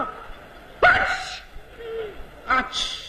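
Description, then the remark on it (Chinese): A man's voice mimics the way a Beijing person sneezes, in a theatrical way: a sharp, loud voiced burst, a short pause, then a second explosive outburst ending in a bright, hissing 'qi'-like release. “您比如说这北京人打喷嚏什么味儿？”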